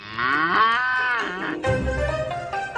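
A cow moos loudly in two drawn-out calls, the first a long, rising-and-falling bellow, the second rougher and deeper, with no talking.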